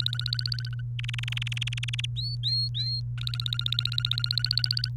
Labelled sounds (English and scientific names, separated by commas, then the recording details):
Domestic Canary (Serinus canaria) song
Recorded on 30 April 2018 at 06:18
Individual llb3